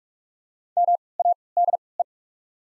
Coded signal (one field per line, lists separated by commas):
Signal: Morse code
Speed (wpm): 44 wpm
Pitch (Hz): 700 Hz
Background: none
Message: M A D E